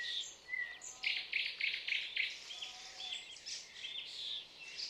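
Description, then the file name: Common nightingale song of thin whistles and repeated short pulsed notes, fairly soft over steady background hiss. "Luscinia megarhynchos"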